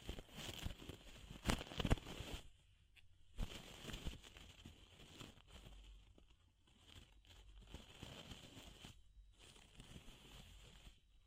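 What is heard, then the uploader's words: Ear cleaning, heard as dense crackling, rustling and scratching noises that come in uneven bursts. Sharp pops and thumps stand out near the two-second mark, and a few near-silent gaps break the sound around three, six and nine seconds. DEEP Ear Penetrating Cleaning.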